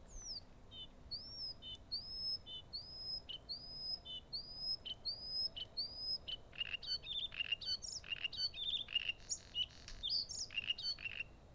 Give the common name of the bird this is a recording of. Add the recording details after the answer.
Bluethroat. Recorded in the wild. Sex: male. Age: adult. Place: Gartz (Oder), Nationalpark Unteres Odertal, Brandenburg, DE. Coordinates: 53.1328, 14.3545. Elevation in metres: 1. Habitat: wetland. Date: 2016-04-19 20:48. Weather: clear, 8°C, changing wind. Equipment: Sound Devices 702, Sennheiser MKH 70, Rycote Windschutz. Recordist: Frommolt, Karl-Heinz